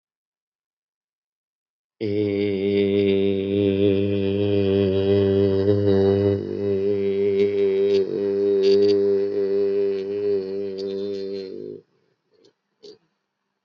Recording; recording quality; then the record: sustained vowel as in made; excellent, no background noise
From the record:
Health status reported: healthy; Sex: male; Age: 59 years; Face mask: not worn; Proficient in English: yes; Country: India